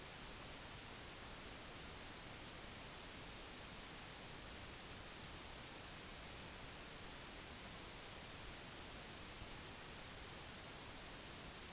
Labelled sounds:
none

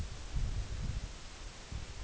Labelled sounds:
none

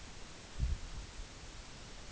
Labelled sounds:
none

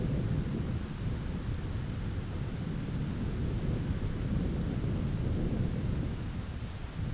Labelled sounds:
none

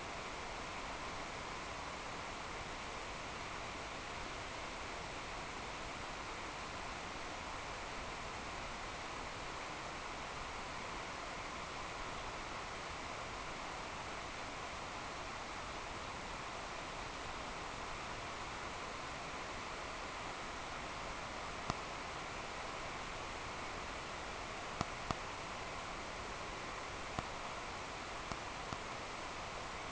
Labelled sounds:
none

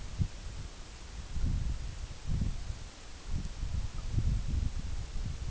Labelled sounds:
none

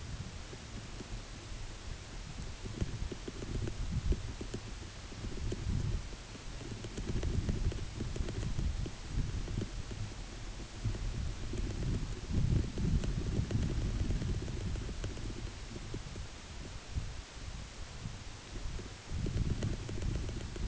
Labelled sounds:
none

